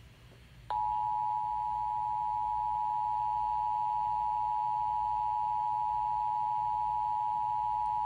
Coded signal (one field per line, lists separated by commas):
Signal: Emergency Alert System (SAME) tones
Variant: 853 and 960 Hz attention tone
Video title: Eas Child Abduction Emergency